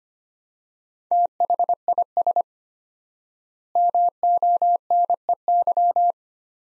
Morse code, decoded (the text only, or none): THIS MONEY